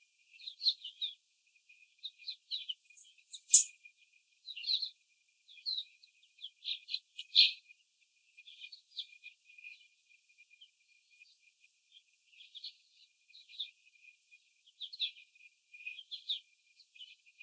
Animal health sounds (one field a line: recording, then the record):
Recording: young laying hens in a cage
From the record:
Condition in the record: after the stressor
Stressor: simulated dog barking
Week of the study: 4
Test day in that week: 3